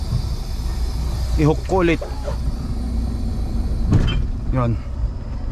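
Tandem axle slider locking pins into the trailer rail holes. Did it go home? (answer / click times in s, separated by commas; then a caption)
no / none. A driver slides a trailer's tandem axles to a new position, working the slider locking pins toward the trailer rail holes over a steady vehicle rumble while someone talks. Nothing has seated or clicked yet; the clip ends before the pins lock in.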